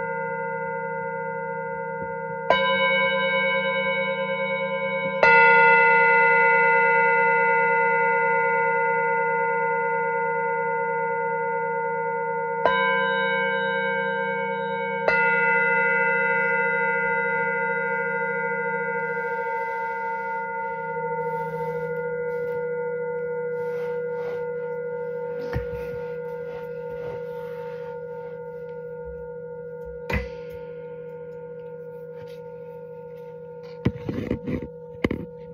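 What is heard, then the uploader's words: Tibetan singing bowls are struck at about 3, 5, 13 and 15 seconds, each strike adding a bright metallic ring over a steady, low, humming drone. The tones sustain and slowly fade across the clip, with a few soft clicks and taps near the end. Spend time connecting to the sounds of Solar Plexus and Heart Tibetan Singing Bowls.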